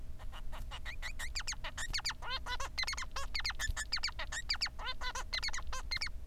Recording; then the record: song of a male Bengalese finch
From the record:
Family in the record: son of father 3